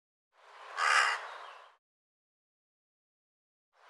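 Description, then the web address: Bird call: one long, rasping, hoarse note that swells and fades, followed by silence and the start of another harsh call. "cianscape birddata Deverinetal"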